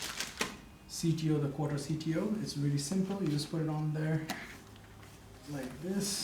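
A quarter CTO color correction gel is handled at a flash modifier ring while someone talks, with short sharp handling clicks near 0.2 and 0.4 seconds and a faint tick around 4.8 seconds. The gel has not snapped into the ring yet; nothing has seated.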